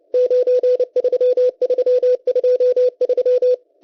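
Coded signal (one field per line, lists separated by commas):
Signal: Morse code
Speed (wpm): 30 wpm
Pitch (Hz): 500 Hz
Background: none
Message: 93323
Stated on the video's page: Russian M12 number station sending Morse numbers on 11139 kHz, received via KiwiSDR.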